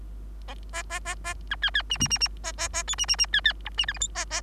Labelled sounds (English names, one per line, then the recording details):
Bengalese Finch song
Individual Bird3